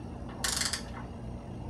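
A torque wrench set to 4 Nm, fitted with a 4 mm bit, tightens the clamp bolt on a carbon bicycle seat post. Over a quiet background, a sharp, bright snap comes at 0.5 s, with a short rattle and a smaller tick near 0.7 s. The wrench clicks at its 4 Nm setting, showing the bolt has reached the set torque.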